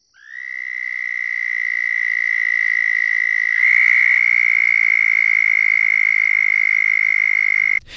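Southern toad call: a single long, high, even trill held at one steady pitch for about seven seconds before cutting off abruptly.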